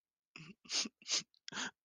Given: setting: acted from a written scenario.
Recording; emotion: vocal sound without words; sadness